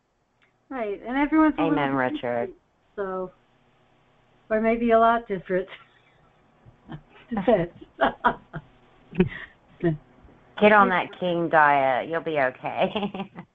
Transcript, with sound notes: Right. And everyone is a little bit different. So...
Amen, Richard.
Or maybe a lot different. (laughs)
Get on that king diet. You'll be okay.